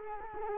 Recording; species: mosquito wingbeat signal from an infrared sensor; Culex quinquefasciatus